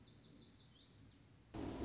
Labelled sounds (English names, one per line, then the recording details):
Lazuli Bunting
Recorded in Sonoma County, California